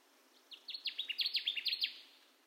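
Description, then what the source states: Connecticut warbler song: a brisk chain of strong, repeated notes over a quiet background. Recorded 10 June 2021; nine songs.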